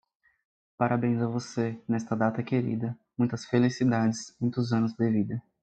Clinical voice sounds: short text; Brazilian Portuguese; male; 20 to 29 years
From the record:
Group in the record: control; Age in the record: 27 years

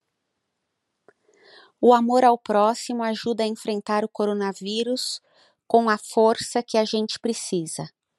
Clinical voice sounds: spoken sentence; Brazilian Portuguese; female; 40 to 49 years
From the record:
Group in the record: control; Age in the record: 47 years

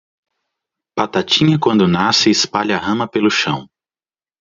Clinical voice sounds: short text; Brazilian Portuguese; male; 30 to 39 years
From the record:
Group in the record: control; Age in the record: 36 years

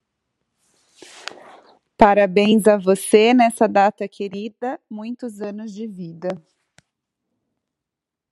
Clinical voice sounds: short text; Brazilian Portuguese; female; 30 to 39 years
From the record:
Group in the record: control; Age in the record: 38 years

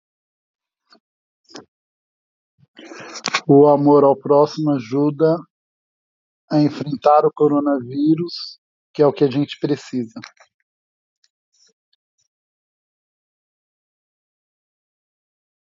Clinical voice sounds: spoken sentence; Brazilian Portuguese; male; 40 to 49 years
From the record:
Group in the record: control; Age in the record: 45 years

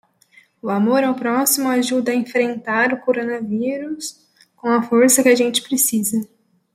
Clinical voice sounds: spoken sentence; Brazilian Portuguese; female; 20 to 29 years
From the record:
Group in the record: control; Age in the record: 22 years

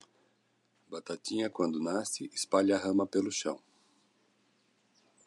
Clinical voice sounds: short text; Brazilian Portuguese; male; 50 to 59 years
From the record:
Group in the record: control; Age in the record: 56 years

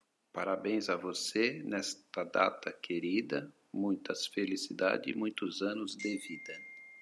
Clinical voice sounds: short text; Brazilian Portuguese; male; 50 to 59 years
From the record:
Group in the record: control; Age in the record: 57 years

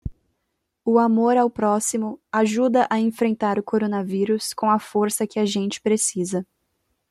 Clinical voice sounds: spoken sentence; Brazilian Portuguese; female; 20 to 29 years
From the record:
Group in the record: control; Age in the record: 22 years

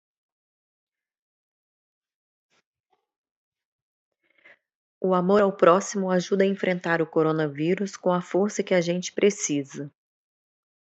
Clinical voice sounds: spoken sentence; Brazilian Portuguese; female; 40 to 49 years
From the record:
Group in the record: control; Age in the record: 46 years

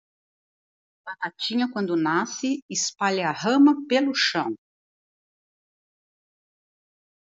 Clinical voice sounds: short text; Brazilian Portuguese; female; 60 to 69 years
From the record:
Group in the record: control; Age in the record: 64 years

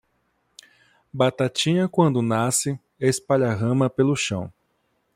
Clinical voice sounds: short text; Brazilian Portuguese; male; 20 to 29 years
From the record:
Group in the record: control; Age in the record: 26 years

